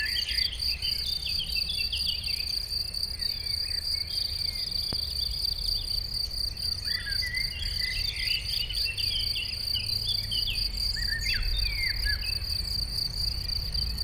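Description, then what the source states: Unbroken cricket trill, high and rapidly pulsed, with birds twittering in bursts and a soft drone of road traffic below. Chorus of crickets in a sunny west-facing sloping meadow at Chindrieux, France, with birds singing in surrounding trees and traffic noise from the nearby road.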